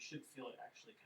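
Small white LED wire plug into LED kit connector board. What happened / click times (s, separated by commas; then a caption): Handled, not yet home: small wire plug pushed toward its socket, no click yet / none. A tiny white plastic plug on a thin LED wire is being pushed with a fingernail toward its socket on the board of a Lego Ghostbusters LED light kit while someone talks. The plug is still being handled and has not clicked or seated into place yet.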